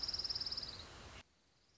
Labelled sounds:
Orange-crowned Warbler (Leiothlypis celata)
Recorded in Sonoma County, California

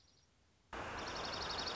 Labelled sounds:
Dark-eyed Junco (Junco hyemalis)
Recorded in Sonoma County, California

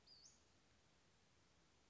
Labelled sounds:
Western Flycatcher (Empidonax difficilis)
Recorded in Sonoma County, California

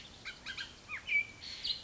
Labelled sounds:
Bullock's Oriole (Icterus bullockii)
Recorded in Sonoma County, California

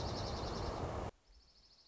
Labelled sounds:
Dark-eyed Junco (Junco hyemalis)
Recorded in Sonoma County, California

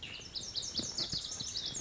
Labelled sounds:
Lazuli Bunting (Passerina amoena)
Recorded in Sonoma County, California

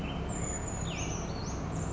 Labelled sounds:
Brown Creeper (Certhia americana)
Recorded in Sonoma County, California

